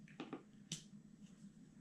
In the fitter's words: And then she'll lock into place.